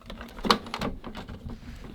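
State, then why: Seated. After cleaning, the removable upper section of a Dyson AM07 tower fan with an F2 fault is refitted onto its motor base, its alignment marks lined up, then twisted or pushed down. Sharp clicks at 0.5 s and 0.7 s mark it seating into place among quieter handling noises. The section is seated and the fan works again.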